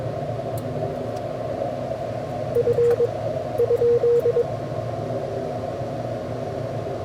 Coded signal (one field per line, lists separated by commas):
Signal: Morse code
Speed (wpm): 21 wpm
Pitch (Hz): 480 Hz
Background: radio noise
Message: F ?